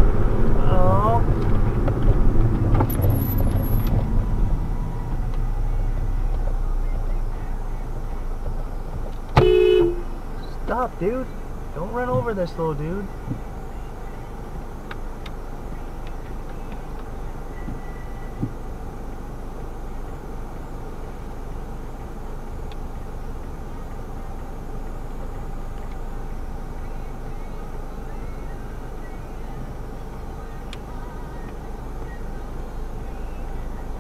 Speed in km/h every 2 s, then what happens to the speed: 42, 23, 10, 5, 2, 0, 2, 0, 0, 2, 0, 0, 0, 0, 0, 2, 2.
0-8 brakes to 2. 8-32 standing.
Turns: none.